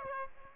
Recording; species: mosquito wingbeat signal from an infrared sensor; Aedes aegypti